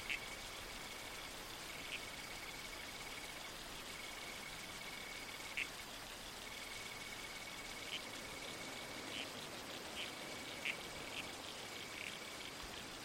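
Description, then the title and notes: Red-crowned toadlet calls, short sharp squelchy notes repeated at irregular intervals, over a steady high tone and constant rushing creek water. Nocturnal bush soundscape with a babbling creek and trees swaying in the wind. "Soundscape - Red-Crowned Toadlet. the enchanting world of the Red-Crowned Toadlet. Listen to the soothing sounds around you: the babbling creek. the whispered sway of trees in the wind. the murmurs of the bush. Nocturnal Worlds. Audiocraft. Australian Museum"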